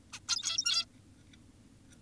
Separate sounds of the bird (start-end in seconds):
0.13-0.20, 0.28-0.86